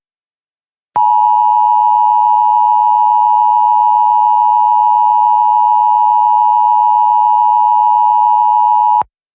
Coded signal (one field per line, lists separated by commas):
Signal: Emergency Alert System (SAME) tones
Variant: 853 and 960 Hz attention tone